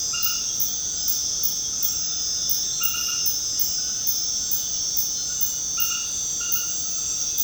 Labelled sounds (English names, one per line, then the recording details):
none
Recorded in secondary vegetation near Puerto Asís, Putumayo, Colombia, on 19 February 2024 at 23:00
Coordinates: 0.472, -76.331
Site G6371